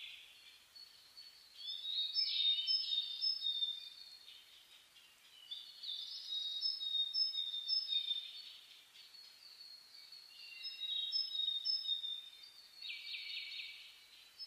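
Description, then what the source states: Bird chorus at dawn, three loud bursts of overlapping high whistles and twitters about every four seconds, separated by softer stretches. Dawn chorus (reimei) of birdsong (saezuri) recorded 10 May 2010 at 04:01.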